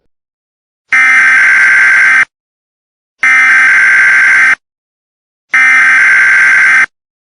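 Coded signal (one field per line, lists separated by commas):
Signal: Emergency Alert System (SAME) tones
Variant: header bursts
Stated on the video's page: Fictional EAS scenario, not a real alert.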